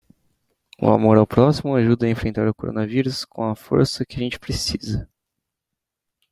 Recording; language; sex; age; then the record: spoken sentence; Brazilian Portuguese; male; 20 to 29 years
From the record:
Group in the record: control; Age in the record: 25 years